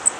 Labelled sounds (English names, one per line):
Blackburnian Warbler flight call